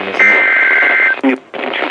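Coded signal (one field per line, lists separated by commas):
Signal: Emergency Alert System (SAME) tones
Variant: header bursts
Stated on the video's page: Severe weather EAS alerts from Maine-area stations, including distant reception of weather radio station WXJ40 in central New Hampshire.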